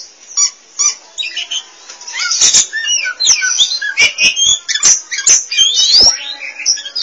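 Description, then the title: Oriental magpie-robin song: lively mix of clear whistles, sweeping slurs and sharp chips, rising in intensity, with clicky notes scattered through the phrases. Chirping song (kicauan) of the bird. "Suara Kicauan Burung Kacer Durasi Panjang"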